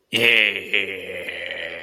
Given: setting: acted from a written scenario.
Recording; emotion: vocal sound without words; anger